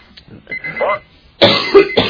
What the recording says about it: With all your coughing in the background there.